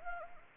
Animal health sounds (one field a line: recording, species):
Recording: mosquito wingbeat signal from an infrared sensor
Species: Anopheles gambiae